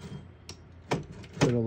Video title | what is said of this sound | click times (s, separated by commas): How to use all functions on a 1971 Royal Mercury vintage portable typewriter | it also has a locking mechanism if you push this lever all the way back it'll unlock | 0.9 s